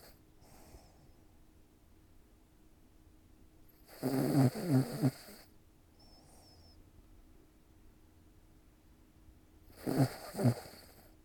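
Three harsh, rattling snores come about every five to six seconds, roughly 11 a minute, each lasting about a second, with quiet breathing between them. This is ordinary inspiratory snoring from an adult sleeper: throat tissues vibrating during sleep.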